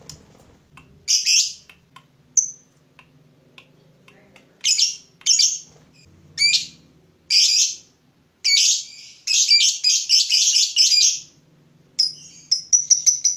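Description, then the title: Lovebird calls: short shrill chirps and harsh bursts separated by silences, building to a quick run of squeaky notes before a thin, wavering trill at the end. Lovebird whose style makes it look very clever at baiting (memancing), prompting other birds to sing. "Dari Gayanya Lovebird Ini Terlihat Pintar Sekali Memancing"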